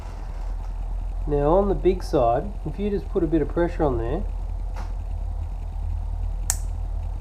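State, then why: Released. Someone talks while pressing on the locking tab on the big side of a plastic sealed Super Seal wiring connector housing during de-pinning. The pin-locking mechanism gives a sharp click at 6.5 s, releasing the lock so the crimped pins can be wiggled and pulled out.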